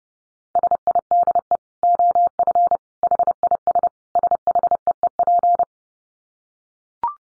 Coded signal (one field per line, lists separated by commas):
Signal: Morse code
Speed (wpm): 28 wpm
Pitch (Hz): 700 Hz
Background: none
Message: SIDE OF HIS SHEEP